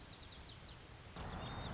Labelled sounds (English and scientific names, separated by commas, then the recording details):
White-crowned Sparrow (Zonotrichia leucophrys)
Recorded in Sonoma County, California